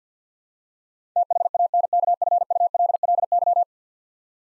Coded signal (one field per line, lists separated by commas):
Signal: Morse code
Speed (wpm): 50 wpm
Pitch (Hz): 700 Hz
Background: none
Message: THANKFULLY